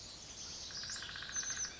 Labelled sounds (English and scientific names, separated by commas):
Pacific Wren (Troglodytes pacificus)